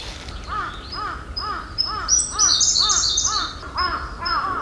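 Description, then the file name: Siberian blue robin song: a few thin high notes, then a fast, shrill high trill, over a steady run of lower, harsh cawing calls throughout. "koruri"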